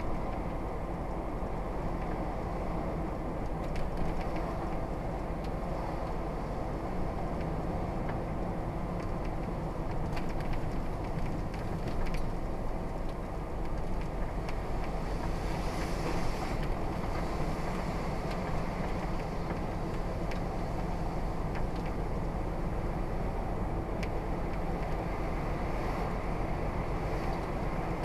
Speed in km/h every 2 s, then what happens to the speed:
45, 44, 44, 42, 39, 37, 39, 39, 40, 42, 39, 39, 40, 40.
0-9 slows to 37. 9-28 steady at about 39.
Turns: none.